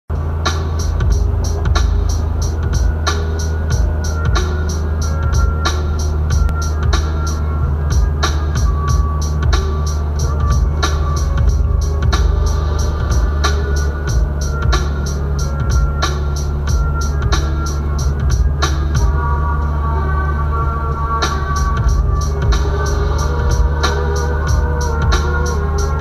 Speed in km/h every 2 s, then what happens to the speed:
64, 63, 62, 61, 60, 60, 59, 58, 58, 58, 58, 59, 60.
0-26 steady at about 60.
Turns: none.